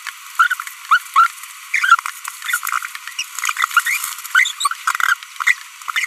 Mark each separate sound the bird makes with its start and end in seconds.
0.39-0.54, 0.91-0.98, 1.16-1.27, 1.74-2.00, 3.19-3.22, 3.77-3.80, 3.87-3.97, 4.35-4.51, 4.61-4.73, 5.00-5.14, 5.41-5.42, 5.47-5.53, 5.96-6.05